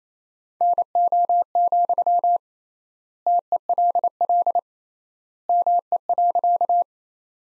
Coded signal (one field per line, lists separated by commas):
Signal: Morse code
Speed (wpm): 27 wpm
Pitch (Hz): 700 Hz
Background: none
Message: NO, TELL ME.